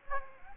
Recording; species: mosquito wingbeat signal from an infrared sensor; Aedes aegypti